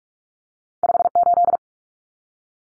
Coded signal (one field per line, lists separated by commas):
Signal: Morse code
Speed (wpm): 44 wpm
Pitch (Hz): 700 Hz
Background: none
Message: 58